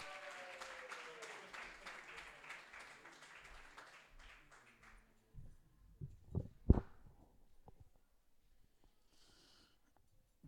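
An audience breaks into steady, dense applause that fades out after about five seconds, leaving a few scattered claps and knocks before the room goes quiet.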